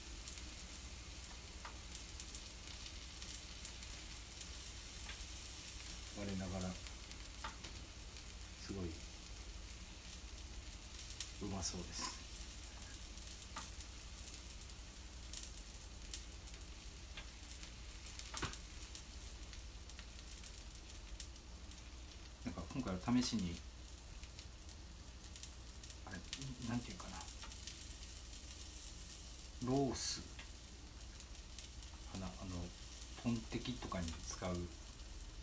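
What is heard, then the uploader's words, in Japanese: Okonomiyaki cooks on a griddle with a steady, bright sizzle running through the whole clip. Short scraping and tapping sounds from a spatula come every few seconds, bunching up around 23, 27 and 30–35 seconds, with faint voices in the background. お好み焼きを焼く。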